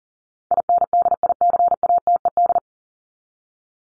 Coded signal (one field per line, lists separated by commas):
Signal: Morse code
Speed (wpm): 40 wpm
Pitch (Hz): 700 Hz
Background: none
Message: INDICATED